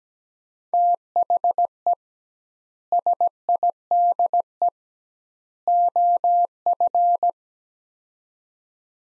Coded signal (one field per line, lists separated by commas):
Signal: Morse code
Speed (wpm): 17 wpm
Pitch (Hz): 700 Hz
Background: none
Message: THE SIDE OF